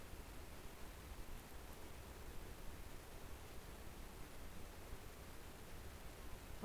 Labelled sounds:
North Island Brown Kiwi male call
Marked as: faintness 5/5
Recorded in New Zealand on 18 December 2013
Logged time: 22:59
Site CJ71

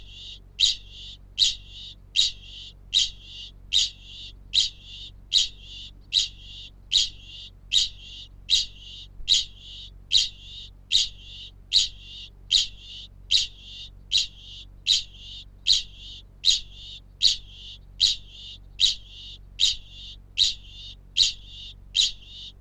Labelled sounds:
Kākāpō ching call
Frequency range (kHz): Kākāpō 0.9-15.0 kHz
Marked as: faintness 1/5
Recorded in New Zealand
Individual Felix

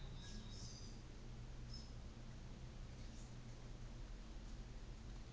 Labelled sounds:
New Zealand Fantail
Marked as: faintness 3/5, faintness 4/5
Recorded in New Zealand on 24 December 2018
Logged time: 14:10

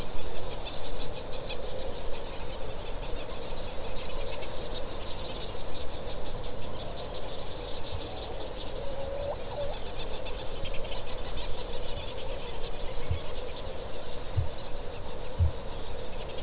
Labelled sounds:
Kākāpō boom
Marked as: faintness 5/5, faintness 3/5
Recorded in New Zealand
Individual Stumpy

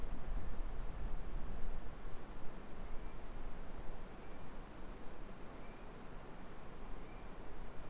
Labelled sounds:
North Island Brown Kiwi male call
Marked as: faintness 4/5
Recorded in New Zealand on 2 November 2013
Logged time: 20:59
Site CV71

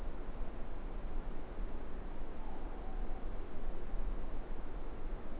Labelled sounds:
Morepork more-pork call
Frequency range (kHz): Morepork 0.6-1.0 kHz
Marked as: faintness 4/5
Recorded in New Zealand
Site Eglinton

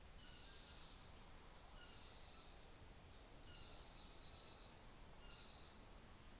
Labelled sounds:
North Island Saddleback
New Zealand Fantail
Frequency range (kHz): North Island Saddleback 1.0-4.7 kHz; New Zealand Fantail 5.8-7.7 kHz
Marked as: faintness 3/5, faintness 4/5
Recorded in New Zealand on 24 December 2018
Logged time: 17:45

